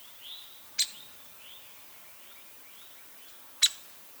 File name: downy woodpecker call notes by paul marvin